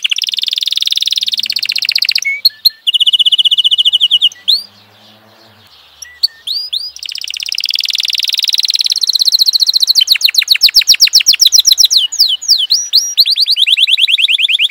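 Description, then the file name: Canary singing a series of rapid trills and rolls, some high and sweeping, broken by short pauses and sharp chip notes, building into fast repeated phrases. "kenari"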